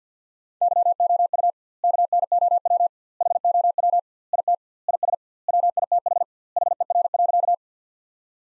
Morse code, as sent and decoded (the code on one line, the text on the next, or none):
-.-- --- ..- / -.- -. --- .-- / .... --- .-- / .. - / .. ... / .-- .. - .... / .... . .-. .-.-.-
YOU KNOW HOW IT IS WITH HER.